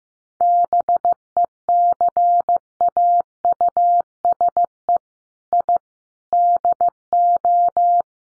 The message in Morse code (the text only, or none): BECAUSE I DO